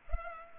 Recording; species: mosquito wingbeat signal from an infrared sensor; Culex pipiens